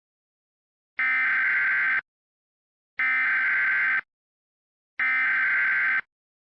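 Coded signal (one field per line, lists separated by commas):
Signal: Emergency Alert System (SAME) tones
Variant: header bursts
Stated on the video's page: Requested mock Local Area Emergency alert, not a real broadcast.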